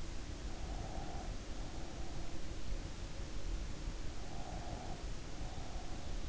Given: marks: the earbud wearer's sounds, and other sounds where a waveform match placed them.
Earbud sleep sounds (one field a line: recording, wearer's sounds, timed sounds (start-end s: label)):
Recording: sounds in sleep by an in-ear microphone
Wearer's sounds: breath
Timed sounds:
0.64-2.41 s: breath
4.33-6.29 s: breath